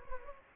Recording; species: mosquito wingbeat signal from an infrared sensor; Anopheles gambiae